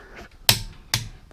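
A click-type torque wrench is used while changing a wheel on a car, and at 0.5 s its internal spring releases with a sharp, loud click as it reaches its set value. A second sharp click follows at about 0.9 s, then a faint tick near 1.3 s, confirming the wrench has hit its torque setting.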